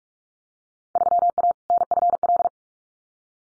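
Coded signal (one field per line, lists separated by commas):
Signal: Morse code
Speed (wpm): 44 wpm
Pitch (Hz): 700 Hz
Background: none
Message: 3A NFL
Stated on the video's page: Morse drill of Field Day exchanges at 45 wpm, each sent, spoken, then sent again for head-copy practice.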